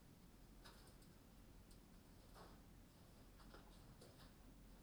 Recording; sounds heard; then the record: poultry house recording; no chicken sound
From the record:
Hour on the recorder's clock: 21